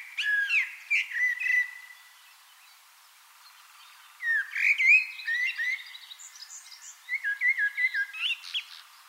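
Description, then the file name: Common blackbird delivering three separate warbling phrases of low, flute-like whistles with brief high squeaks, with short pauses between them. "Turdus merula"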